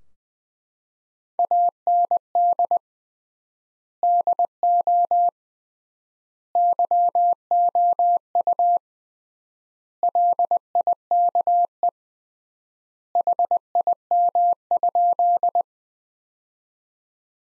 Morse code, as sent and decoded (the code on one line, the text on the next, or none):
.- -. -.. / -.. --- / -.-- --- ..- / .-.. .. -.- . / .... .. -- ..--..
AND DO YOU LIKE HIM?